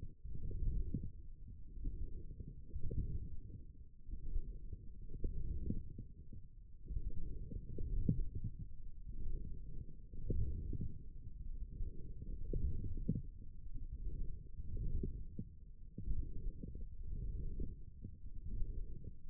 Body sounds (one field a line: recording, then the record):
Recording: forearm muscle sounds (acoustic myography)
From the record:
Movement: forearm pronation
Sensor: system 1, eight BSWA MPA416 microphones around the upper forearm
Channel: 2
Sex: male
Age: 28 years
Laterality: right